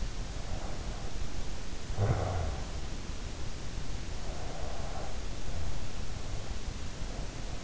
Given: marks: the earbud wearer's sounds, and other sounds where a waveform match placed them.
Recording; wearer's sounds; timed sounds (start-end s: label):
sounds in sleep by an in-ear microphone; snoring breath, breath
0.52-2.86 s: snoring breath
4.14-6.92 s: breath